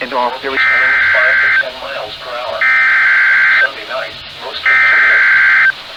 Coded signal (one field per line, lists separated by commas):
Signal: Emergency Alert System (SAME) tones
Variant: header bursts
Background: speech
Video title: CANADA DAY RAIN i don't know what to title this lol | EAS Alerts from July 1, 2022 (EAS 1,237-1,242)